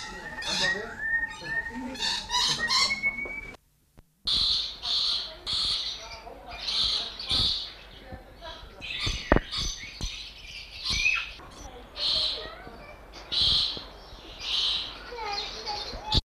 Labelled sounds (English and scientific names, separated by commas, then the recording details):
Coconut Lorikeet (Trichoglossus haematodus) call
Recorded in captivity
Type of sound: call
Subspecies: massena
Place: Vogelpark Walsrode, Niedersachsen, DE
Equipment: Halbspur, 9,5 cm/s
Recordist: Lütgens, Hans
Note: Rufe